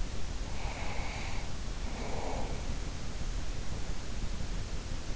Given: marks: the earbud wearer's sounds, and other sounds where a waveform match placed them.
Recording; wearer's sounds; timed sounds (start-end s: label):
sounds in sleep by an in-ear microphone; breath
0.10-3.37 s: breath